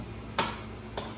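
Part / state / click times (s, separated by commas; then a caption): clip latches on a stackable modular storage box / seated / 0.4 s, 1.0 s. Side clip latches on two stacked modular plastic storage boxes are pulled over and snapped shut. Two sharp clicks sound at 0.4 s and 1.0 s over a low steady hum. The boxes are latched and locked into place.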